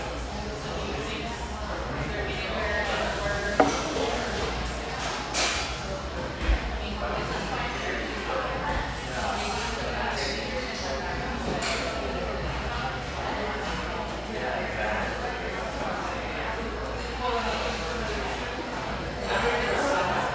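A coffeehouse during a mid-morning lull, filled with a steady murmur of overlapping conversation and a constant low hum underneath. Brief clinks and sharp taps cut through now and then, notably near 3.5 and 6.5 seconds, with a few soft clatters later.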